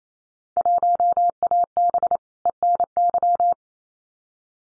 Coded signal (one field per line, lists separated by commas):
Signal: Morse code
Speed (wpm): 28 wpm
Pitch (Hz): 700 Hz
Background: none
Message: 1AB ENY